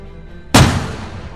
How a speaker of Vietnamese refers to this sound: Dưới chân ông ta phát ra ánh sáng đỏ ngầu, rồi từ trong đất nổ ầm lên một tiếng.